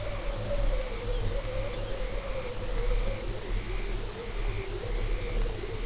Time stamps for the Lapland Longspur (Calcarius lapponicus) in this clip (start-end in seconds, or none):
0.95-2.04